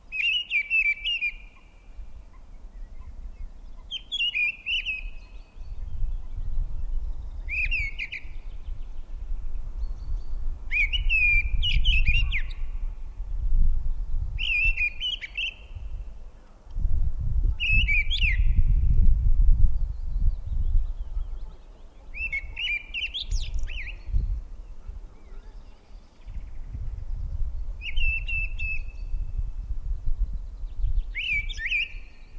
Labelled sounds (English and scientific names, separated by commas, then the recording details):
Mistle Thrush (Turdus viscivorus) song
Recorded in the wild
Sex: male
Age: adult
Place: Erlangen, Bayern, DE
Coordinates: 49.6086, 10.9697
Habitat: forest
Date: 1962-05-11 18:45
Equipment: Stellavox SM 5, Original, Vollspur
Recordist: Tretzel, Erwin